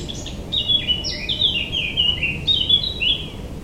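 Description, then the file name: Eurasian blackcap song: a few soft scratchy notes lead into a loud, fluty, warbling phrase of clear whistles rising and falling in quick succession. "Sylvia atricapilla"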